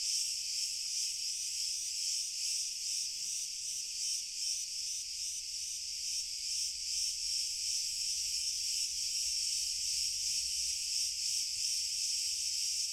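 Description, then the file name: Cricket chorus: steady, unbroken high-pitched trilling that pulses slightly throughout, over a soft low background hum. Cricket chorus, very distant. "Grillen Chor Cl Sehr Fern"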